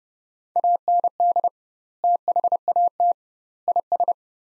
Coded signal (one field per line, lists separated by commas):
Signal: Morse code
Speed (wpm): 32 wpm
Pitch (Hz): 700 Hz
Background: none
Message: AND THAT IS